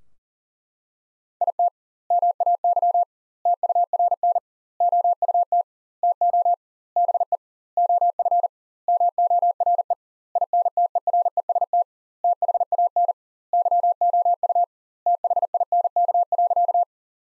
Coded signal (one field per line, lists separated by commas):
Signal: Morse code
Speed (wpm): 40 wpm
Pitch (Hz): 700 Hz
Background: none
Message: IT MAY TURN OUT TO BE OF MORE INTEREST THAN YOU THINK.